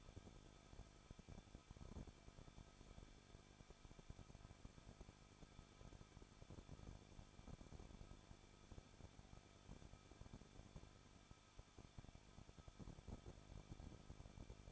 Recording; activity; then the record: daily activity, microphone in the room; no activity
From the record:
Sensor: 5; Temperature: 20.7 degrees Celsius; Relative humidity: 38.6%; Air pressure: 1006.5 hPa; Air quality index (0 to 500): 192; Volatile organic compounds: 21 ppm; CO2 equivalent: 2717 ppm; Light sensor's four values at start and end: 2/3/1/1 and 2/3/1/1